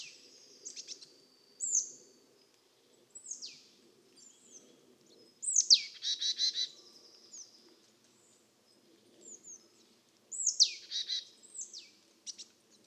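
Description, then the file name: Marsh Tit call: a bright falling note leading into a buzzy, stuttering series, given twice amid scattered soft high chips. "Poecile palustris"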